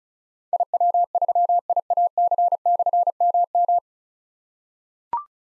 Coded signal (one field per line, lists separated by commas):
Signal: Morse code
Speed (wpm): 36 wpm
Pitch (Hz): 700 Hz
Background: none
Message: IW3IAC/MM